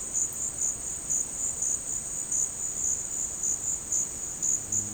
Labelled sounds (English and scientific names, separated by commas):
none